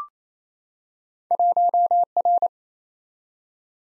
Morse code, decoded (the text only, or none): 1R